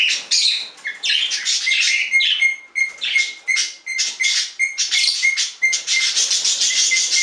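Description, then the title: Budgerigar chattering steadily with scratchy squeaks, joined after the first seconds by a short whistled chirp repeated about twice a second. "Budgie Sounds"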